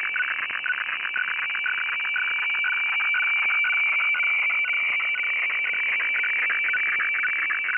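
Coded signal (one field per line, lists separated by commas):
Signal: weather fax (radiofax)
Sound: steady high tone with rapid scratchy dips and warbling, hissy radio noise throughout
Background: radio static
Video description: Weather FAX transmission from Hamburg, Germany, received using Aispy HF+, Gqrx SDR v2.9 pre, and Fldigi 4.0.11 - The fun begins around 1:25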